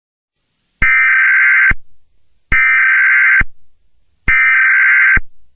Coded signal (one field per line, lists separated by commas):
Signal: Emergency Alert System (SAME) tones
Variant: header bursts